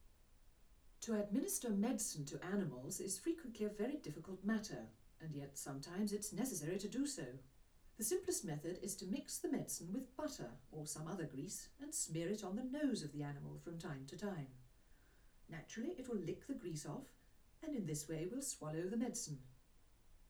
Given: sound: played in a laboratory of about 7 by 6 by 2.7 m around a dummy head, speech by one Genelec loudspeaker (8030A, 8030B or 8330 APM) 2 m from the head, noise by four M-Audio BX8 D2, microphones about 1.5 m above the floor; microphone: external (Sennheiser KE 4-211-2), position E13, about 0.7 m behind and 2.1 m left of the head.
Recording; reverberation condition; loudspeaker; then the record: female speech in English; low; 30 degrees to the right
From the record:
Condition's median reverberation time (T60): about 310 ms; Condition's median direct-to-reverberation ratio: about 3.5 dB